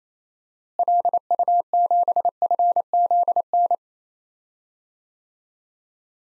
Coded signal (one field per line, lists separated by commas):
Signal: Morse code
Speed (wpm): 28 wpm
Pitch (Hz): 700 Hz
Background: none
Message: LU7FZN